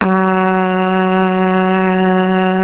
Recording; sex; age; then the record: sustained vowel /a/ by telephone; female; 20 to 29 years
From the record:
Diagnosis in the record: healthy control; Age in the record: 23 years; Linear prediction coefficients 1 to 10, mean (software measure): 1.89, -1.85, 1.52, -1.31, 1.15, -0.71, 0.04, 0.33, -0.20, 0.00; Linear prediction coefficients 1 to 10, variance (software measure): 0.050, 0.244, 0.331, 0.365, 0.363, 0.277, 0.151, 0.075, 0.039, 0.007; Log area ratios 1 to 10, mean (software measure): -2.70, 1.24, -0.67, 0.48, -0.46, 0.80, -0.62, 0.12, 0.41, 0.00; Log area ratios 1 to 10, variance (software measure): 0.058, 0.068, 0.120, 0.022, 0.060, 0.087, 0.104, 0.070, 0.036, 0.028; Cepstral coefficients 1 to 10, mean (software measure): 1.89, -0.03, 0.27, -0.14, 0.08, 0.22, -0.23, -0.03, 0.14, -0.05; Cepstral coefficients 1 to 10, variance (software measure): 0.050, 0.024, 0.018, 0.013, 0.007, 0.007, 0.010, 0.004, 0.003, 0.002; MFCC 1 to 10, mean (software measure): -2.75, 1.42, -0.30, 0.39, -0.02, 0.12, 0.06, 0.37, -0.47, -0.23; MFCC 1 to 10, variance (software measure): 0.076, 0.028, 0.093, 0.054, 0.065, 0.039, 0.105, 0.091, 0.074, 0.036